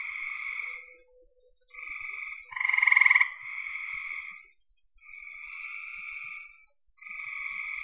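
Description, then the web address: Frogs give long buzzy trills separated by short gaps, and a single louder, rapidly pulsed rattling call cuts through the middle of the chorus. "cn frogs"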